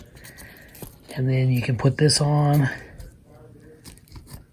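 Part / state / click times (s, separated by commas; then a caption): snap closure on a knife sheath / seated / 4.0 s, 4.1 s. Someone talks while fitting a retaining piece onto the sheath of a Cold Steel SRK San Mai knife with laminated VG-10 steel and pressing it closed. Small, sharp, quiet clicks are heard at 4.0 s and 4.1 s as the sheath's retention snap closes and seats.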